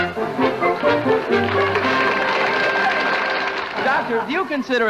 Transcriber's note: applause